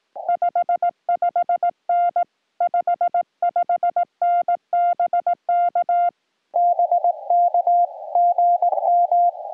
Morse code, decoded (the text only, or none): 55N 55N BK BK GM